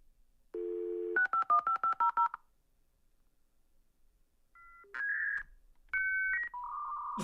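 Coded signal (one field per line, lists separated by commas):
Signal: dial-up modem handshake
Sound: dial tone, ten quick dialing beeps, pause, then steady tones and warbling modem bands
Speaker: And then of course the best part. I'm not done yet. Wait for it.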